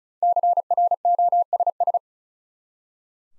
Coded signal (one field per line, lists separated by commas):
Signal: Morse code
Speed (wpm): 47 wpm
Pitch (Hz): 700 Hz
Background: none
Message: CROSS